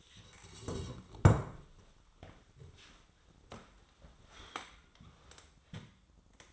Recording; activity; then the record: daily activity, microphone in the room; sit down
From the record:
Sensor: 3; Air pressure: 1005.0 hPa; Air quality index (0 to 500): 87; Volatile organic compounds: 3 ppm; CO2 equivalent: 1340 ppm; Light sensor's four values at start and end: 10/22/9/9 and 9/21/9/9